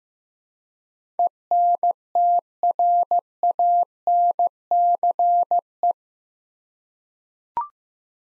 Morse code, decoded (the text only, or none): ENTRANCE